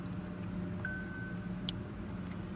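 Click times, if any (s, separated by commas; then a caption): 1.7 s. A replacement airbag clock spring is pushed onto the steering column of a 2013 Toyota Corolla. Over a steady low hum, with a faint thin tone starting near 0.9 s, a single sharp click at 1.7 s marks it snapping into place. The clock spring is confirmed seated.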